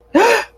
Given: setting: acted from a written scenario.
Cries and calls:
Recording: vocal sound without words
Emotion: fear

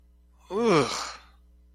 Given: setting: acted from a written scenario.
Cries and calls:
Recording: vocal sound without words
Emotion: disgust

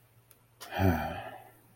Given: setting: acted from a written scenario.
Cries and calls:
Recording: vocal sound without words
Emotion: guilt

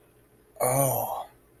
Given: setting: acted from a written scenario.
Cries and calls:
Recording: vocal sound without words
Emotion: awe

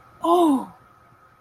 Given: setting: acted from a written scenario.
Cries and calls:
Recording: vocal sound without words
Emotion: realization

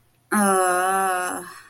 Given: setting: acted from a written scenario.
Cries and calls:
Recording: vocal sound without words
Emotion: guilt

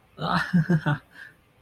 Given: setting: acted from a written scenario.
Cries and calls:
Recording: vocal sound without words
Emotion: elation

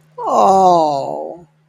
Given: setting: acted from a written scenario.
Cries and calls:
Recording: vocal sound without words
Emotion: sadness

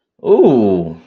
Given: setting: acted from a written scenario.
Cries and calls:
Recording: vocal sound without words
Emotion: interest

